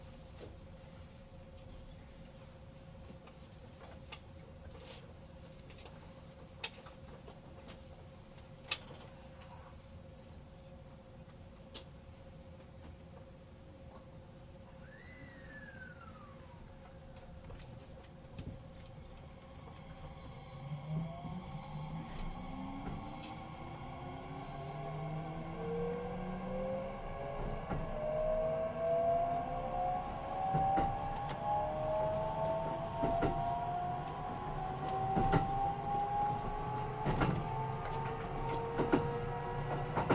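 A Kintetsu 80000 series Hinotori train, first idling with a steady low rumble, a constant mid hum and scattered clicks. From around twenty seconds the motors start up: several whining tones climb steadily in pitch as the sound grows louder through the end.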